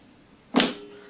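A lithium battery pack for a Mountfield MC 380 LI cordless lawnmower is lined up by its rear pins, dropped into the mower's battery compartment from the top and pressed down. A sharp click at 0.6 s fades into a faint ringing tone, and the battery is seated.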